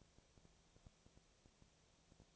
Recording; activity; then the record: daily activity, microphone in the room; no activity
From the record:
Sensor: 1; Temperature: 19.6 degrees Celsius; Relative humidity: 36.5%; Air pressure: 997.1 hPa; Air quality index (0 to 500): 204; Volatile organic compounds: 129 ppm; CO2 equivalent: 3922 ppm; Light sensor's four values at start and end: 1/2/1/1 and 1/2/1/1